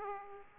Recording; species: mosquito wingbeat signal from an infrared sensor; Aedes aegypti